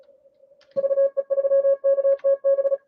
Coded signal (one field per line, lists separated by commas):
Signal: Morse code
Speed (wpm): 37 wpm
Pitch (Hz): 560 Hz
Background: none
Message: VE3KTB